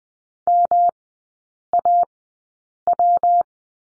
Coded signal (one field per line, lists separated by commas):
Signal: Morse code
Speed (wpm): 20 wpm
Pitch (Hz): 700 Hz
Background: none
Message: MAW